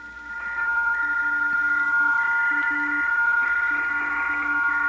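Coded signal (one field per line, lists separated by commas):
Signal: PSK31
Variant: BPSK31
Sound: several steady warbling tones at once, with other tones keying on and off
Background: radio static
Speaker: after a while you get used to the sound of the bpsk signals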